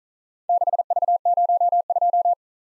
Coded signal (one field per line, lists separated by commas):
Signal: Morse code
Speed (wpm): 41 wpm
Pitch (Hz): 700 Hz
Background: none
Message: 6V02